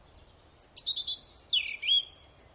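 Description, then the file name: European robin song with a tangle of high thin notes, a downward-sliding whistle into a lower warble, and a final piercing high note. "Erithacus rubecula"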